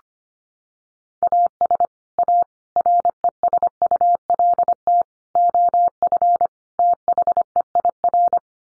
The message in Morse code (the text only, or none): AS A RESULT OF THEIR